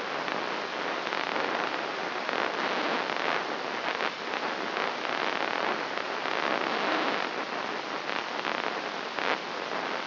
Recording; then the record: brain microelectrode recording played as sound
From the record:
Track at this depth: inside the subthalamic nucleus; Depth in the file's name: 4.518 mm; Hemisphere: left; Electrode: 3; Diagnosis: Parkinson's disease